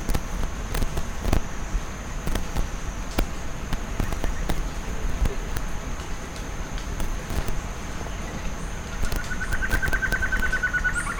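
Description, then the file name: Bird trill, rapid and pulsed, starts near the end and runs about two seconds, after a long stretch of crackling clicks and low noise. "SABIOD 50 bird 2015"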